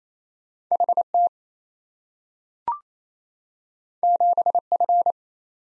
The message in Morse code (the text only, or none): HT 7F